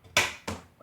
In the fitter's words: push them into the slots until they click like